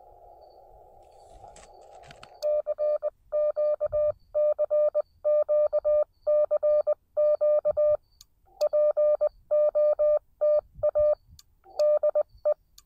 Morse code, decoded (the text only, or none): CQ CQ CQ POTA DE